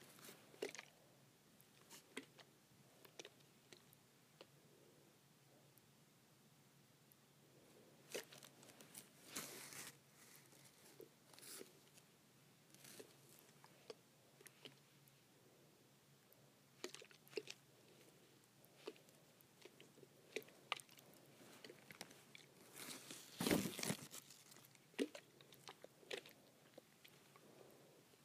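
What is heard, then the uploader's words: A hair spray bottle is handled, with scattered clicks, rattles and short crunchy bursts, loudest around 9 and 23 seconds. ASMR Shaking Hair Spray Bottle.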